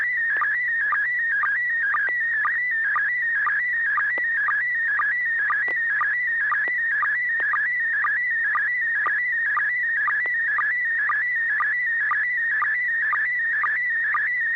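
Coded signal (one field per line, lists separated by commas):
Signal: SSTV (slow-scan television)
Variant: PD120 mode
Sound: warbling tone around 2 kHz with a short low blip about twice a second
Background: low hum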